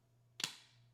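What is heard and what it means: An unlocked Zepbound auto-injector pen, held against the skin, is pressed, and its plunger releases with one sharp, bright click at 0.4 s that rings out briefly over a low steady hum. This first click signals that the injection has started.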